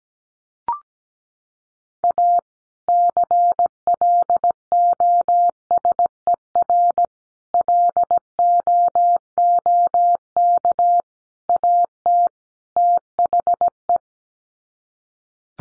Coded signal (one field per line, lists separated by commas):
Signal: Morse code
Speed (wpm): 17 wpm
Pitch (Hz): 700 Hz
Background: none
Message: A CLOSER LOOK AT THE